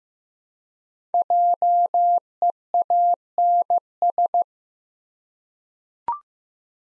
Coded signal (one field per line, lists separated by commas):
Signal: Morse code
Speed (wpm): 15 wpm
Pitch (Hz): 700 Hz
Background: none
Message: JEANS